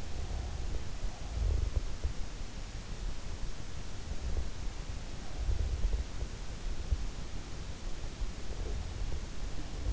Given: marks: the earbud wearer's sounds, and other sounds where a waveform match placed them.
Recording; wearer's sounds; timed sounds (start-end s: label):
sounds in sleep by an in-ear microphone; breath
0.00-2.07 s: breath